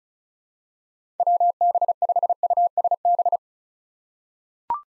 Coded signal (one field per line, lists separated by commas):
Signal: Morse code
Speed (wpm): 36 wpm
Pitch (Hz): 700 Hz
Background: none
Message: WB5USB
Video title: 2023 SOTA Activator Call Signs - 35wpm